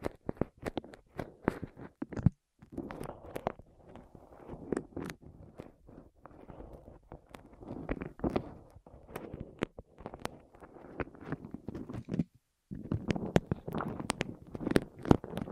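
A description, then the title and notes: Rolling on your ears: soft, dense rustling and rumbling with frequent sharp clicks, short silent gaps near two and twelve seconds. ASMR Rolling On Your Ears (No Talking).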